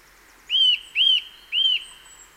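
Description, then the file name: Eurasian nuthatch calls: three loud, even whistled notes in quick succession over a faint background hiss. "Sitta europaea"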